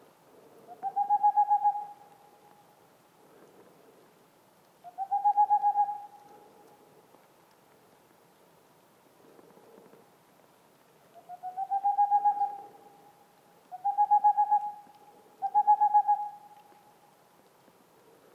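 A boreal owl gives short bursts of rapid, tremulous hooting, each lasting about a second, at around 1, 5.5, 12, 14 and 16 seconds. The notes are mid-pitched and clear, separated by quiet pauses with only faint low background hiss.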